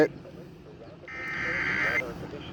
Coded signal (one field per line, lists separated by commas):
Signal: Emergency Alert System (SAME) tones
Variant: header bursts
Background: speech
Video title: Chaotic Hellstorm IV Severe Craziness| EAS Alerts From 5/3/2021 (EAS #420-477)